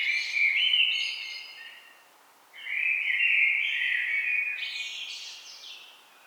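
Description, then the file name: Common blackbird song, two mellow warbled phrases, each sliding upward into a thin, high twittering ending, separated by a pause of about half a second. "Turdus merula"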